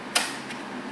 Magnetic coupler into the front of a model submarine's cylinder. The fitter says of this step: into the front and magnetic coupler locked in place